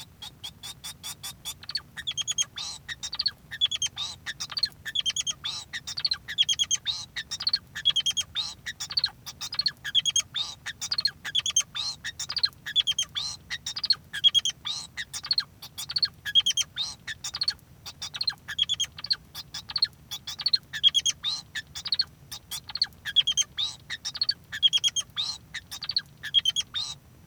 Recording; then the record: song of a male Bengalese finch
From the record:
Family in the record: son of father 2